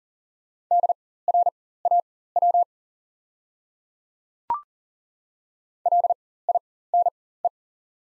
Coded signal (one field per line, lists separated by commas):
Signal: Morse code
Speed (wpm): 40 wpm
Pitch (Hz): 700 Hz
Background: none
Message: DRAW LINE